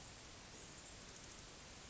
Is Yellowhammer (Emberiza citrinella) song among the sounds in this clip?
no